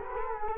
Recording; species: mosquito wingbeat signal from an infrared sensor; Culex quinquefasciatus